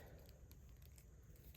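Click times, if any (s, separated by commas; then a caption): 1.6 s. A small plastic flashlight accessory is pushed into an action figure's molded plastic hand. Faint, short crackling handling sounds run through the quiet clip, ending in a sharp snap at 1.6 s as the flashlight seats in the hand.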